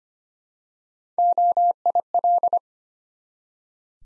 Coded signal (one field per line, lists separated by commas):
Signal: Morse code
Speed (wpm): 25 wpm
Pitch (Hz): 700 Hz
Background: none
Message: OIL